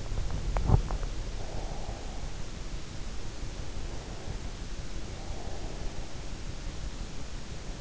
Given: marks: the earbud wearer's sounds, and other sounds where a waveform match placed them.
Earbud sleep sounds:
sounds in sleep by an in-ear microphone; teeth grinding, breath
0.37-1.08 s: teeth grinding
1.08-2.57 s: breath
3.82-6.15 s: breath

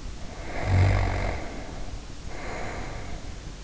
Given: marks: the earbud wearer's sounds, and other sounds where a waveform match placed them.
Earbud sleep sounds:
sounds in sleep by an in-ear microphone; snoring breath
0.00-3.57 s: snoring breath

